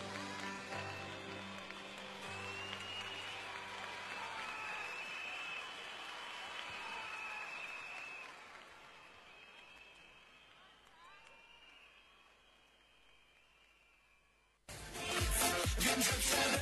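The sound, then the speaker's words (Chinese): Sustained audience applause, a dense steady patter of clapping mixed with fading music, gradually quieting before cutting off abruptly into a louder, different sound. “俾一届俾掌声好吗 ？”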